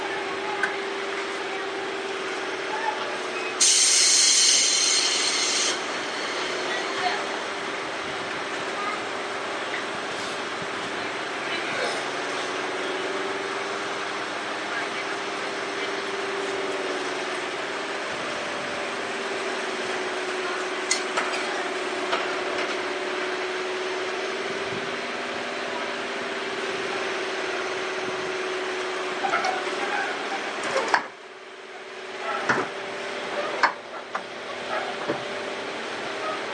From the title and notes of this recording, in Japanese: 相鉄7000系 横浜ー大和。車体アルミ製20m長の車体。